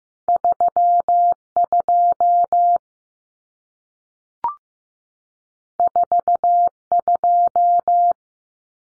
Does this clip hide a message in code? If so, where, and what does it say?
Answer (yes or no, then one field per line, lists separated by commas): yes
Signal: Morse code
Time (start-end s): 0.3-8.1 s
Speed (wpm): 15 wpm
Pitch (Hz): 700 Hz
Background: none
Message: 32 42